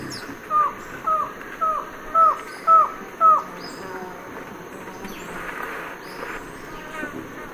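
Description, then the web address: White-shouldered antshrike singing six short, evenly spaced notes about half a second apart, then falling silent; faint high chirps and a steady insect drone behind. South America, eastern lowlands. "Natures Songs S America Eastern Lowlands. White-shouldered Antshrike"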